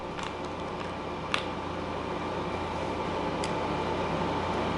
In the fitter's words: rotate it till it clicks